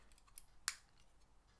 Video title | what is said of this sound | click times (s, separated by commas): Power Rangers Beast Morphers All 5 Converting Zord toys - Combinations Live Stream (3 of 3) | When it closes, it does so with a nice click. | 0.7 s